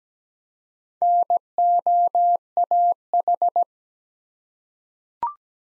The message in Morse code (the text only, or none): NOAH